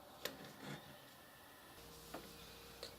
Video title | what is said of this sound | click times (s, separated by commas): Lego Educator Robot Driving Base Verbal Construction (Part 2 of 4) | and it will just snap in place there in | 0.3 s